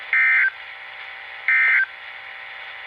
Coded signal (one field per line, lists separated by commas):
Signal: Emergency Alert System (SAME) tones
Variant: end-of-message bursts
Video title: Severe Thunderstorm Warning & Watch EAS 3 & 4 4/8/24